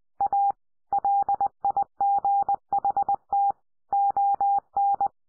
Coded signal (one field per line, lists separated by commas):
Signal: Morse code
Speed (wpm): 20 wpm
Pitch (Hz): 800 Hz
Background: none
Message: A LIGHT ON